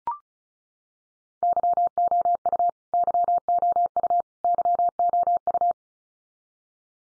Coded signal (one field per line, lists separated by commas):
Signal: Morse code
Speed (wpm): 34 wpm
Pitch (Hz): 700 Hz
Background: none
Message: YOU YOU YOU